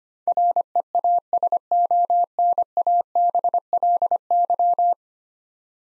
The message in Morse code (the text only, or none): REASONABLY